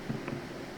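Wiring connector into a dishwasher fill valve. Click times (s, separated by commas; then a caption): 0.3 s. A small plastic power connector is pushed all the way onto a new KitchenAid dishwasher fill valve and clicks into position at 0.3 s, a short sharp snap over a low, steady background. The connector is seated, and no one speaks.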